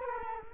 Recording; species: mosquito wingbeat signal from an infrared sensor; Culex quinquefasciatus